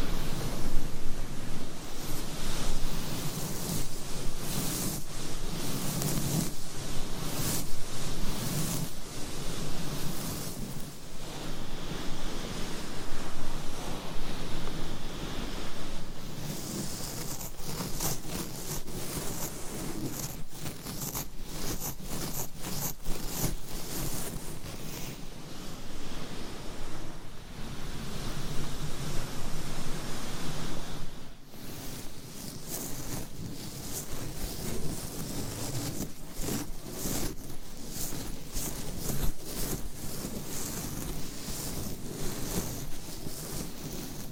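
Microphone scratching, rubbing and tapping fill the recording with a dense, rough noise that runs throughout. The texture shifts constantly, with bursts of quick sharp strokes and brief softer pauses around 15, 27 and 31 seconds, its low rumble and bright hiss both present.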